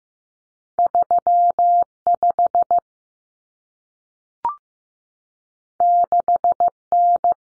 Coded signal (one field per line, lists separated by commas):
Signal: Morse code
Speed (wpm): 15 wpm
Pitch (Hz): 700 Hz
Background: none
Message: 35 6N